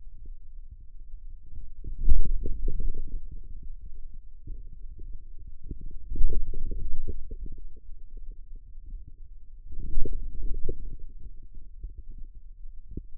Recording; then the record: forearm muscle sounds (acoustic myography)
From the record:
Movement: outward rotation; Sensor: system 2, bracelet of six BSWA MPA416 microphones around the upper forearm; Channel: 6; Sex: male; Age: 22 years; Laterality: right